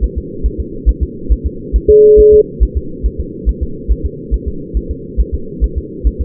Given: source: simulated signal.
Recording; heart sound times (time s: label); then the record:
fetal heart sounds
0.04 s: S1
0.18 s: S2
0.46 s: S1
0.60 s: S2
0.89 s: S1
1.03 s: S2
1.32 s: S1
1.46 s: S2
1.76 s: S1
1.90 s: S2
2.20 s: S1
2.34 s: S2
2.63 s: S1
2.77 s: S2
3.06 s: S1
3.20 s: S2
3.49 s: S1
3.63 s: S2
3.91 s: S1
4.06 s: S2
4.34 s: S1
4.48 s: S2
4.77 s: S1
4.91 s: S2
5.20 s: S1
5.35 s: S2
5.64 s: S1
5.78 s: S2
6.07 s: S1
6.21 s: S2
From the record:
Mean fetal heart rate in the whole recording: 140 bpm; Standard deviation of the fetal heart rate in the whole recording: 2 bpm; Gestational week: 34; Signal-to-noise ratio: -4.3 dB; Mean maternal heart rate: 72 bpm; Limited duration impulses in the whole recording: present